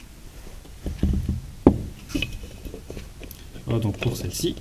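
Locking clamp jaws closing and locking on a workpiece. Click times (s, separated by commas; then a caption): 1.7 s. A self-adjusting locking clamp with an adjusting screw is squeezed shut on a workpiece, and its jaws snap closed and lock with a sharp click at 1.7 s. Someone talks, and a few quieter knocks and handling sounds follow.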